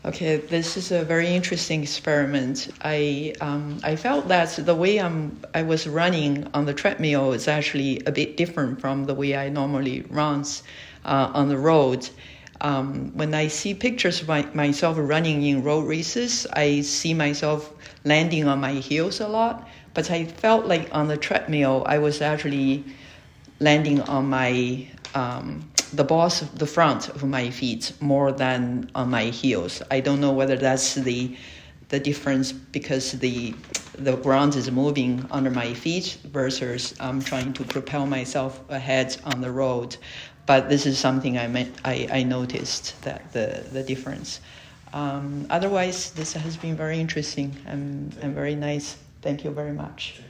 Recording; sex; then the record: free speech after running; female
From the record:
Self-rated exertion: light exertion (2 of 6); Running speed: 5 miles an hour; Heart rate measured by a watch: 64 beats a minute at the start, 62 at the end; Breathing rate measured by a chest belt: 9 breaths a minute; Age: 62 years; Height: 160 cm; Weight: 54 kg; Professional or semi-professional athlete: no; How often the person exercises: 3 to 5 times a week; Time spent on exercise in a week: 3 to 4 hours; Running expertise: no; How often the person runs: 3 to 5 times a week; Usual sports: running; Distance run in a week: 30 km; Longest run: 42 km